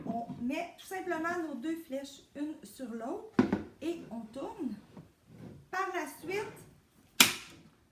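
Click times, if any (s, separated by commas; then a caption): 7.2 s. Someone talks while turning the lid of a plastic microwave pressure cooker onto its base with the two arrows aligned (sealing gasket in place). A sharp click at 7.2 seconds is the handle latch snapping shut, leaving the lid closed and locked so it can no longer be opened.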